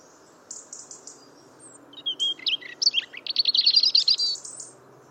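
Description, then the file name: European robin song: a few soft high notes lead into a jumble of slurred whistles and twittering, ending in a rapid run of notes. "Erithacus rubecula"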